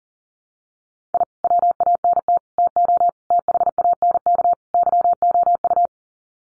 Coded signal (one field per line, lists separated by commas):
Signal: Morse code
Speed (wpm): 40 wpm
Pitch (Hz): 700 Hz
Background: none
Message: I WANT TO THANK YOU